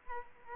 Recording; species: mosquito wingbeat signal from an infrared sensor; Culex pipiens